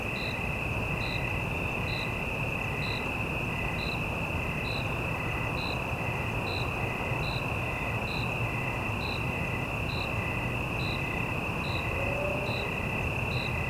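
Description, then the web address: Cricket giving regular short chirps just under a second apart, with a continuous shrill insect hum and broad low traffic noise underneath. Single cricket in a city night evening ambience, with cicadas and distant traffic; stereo. "Surround in The Night 5 1-Stereo City Night Evening Ambience, Single Cricket, Cicadas, Distant Traffic"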